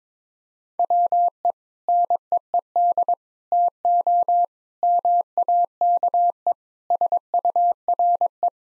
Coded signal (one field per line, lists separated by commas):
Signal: Morse code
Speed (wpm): 22 wpm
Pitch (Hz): 700 Hz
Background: none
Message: WE NEED TO MAKE SURE